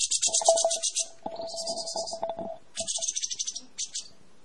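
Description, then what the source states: Grey-cheeked bulbul giving rattling high chatters in short bursts, layered over a lower steady whistled tone. Vigorous, sustained singing (described as 'gacor panjang').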